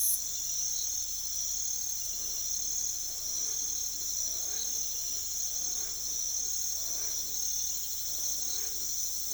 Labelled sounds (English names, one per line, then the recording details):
none
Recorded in pastures near Puerto Asís, Putumayo, Colombia, on 21 December 2024 at 02:00
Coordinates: 0.487, -76.322
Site GP09